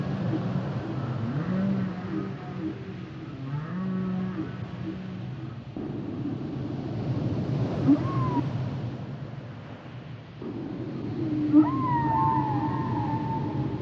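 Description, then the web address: Whale song: low groaning moans and wavering tones, then a high bending cry near the end, all over a constant rumble. "Natures Songs Whale Songs Whales and Dolphins - whale nature sounds songs"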